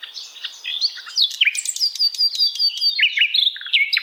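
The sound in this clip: Bird song: dense, continuous twittering with high whistled slurs and quick chirps running without pause.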